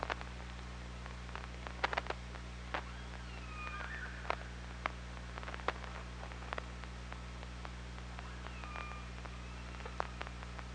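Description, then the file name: Killer whale sounds: dense trains of echolocation clicks with faint, brief tonal call fragments over a constant low hum. Recorded underwater by the OrcaLab hydrophone on 24 August 2017, around 07:25. "Orca Lab UTLN JASON 20170824 072548"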